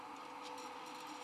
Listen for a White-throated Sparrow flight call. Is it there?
no